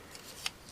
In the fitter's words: then these pieces flip down and lock into place helps keep these from moving around